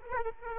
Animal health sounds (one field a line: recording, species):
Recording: mosquito wingbeat signal from an infrared sensor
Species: Aedes aegypti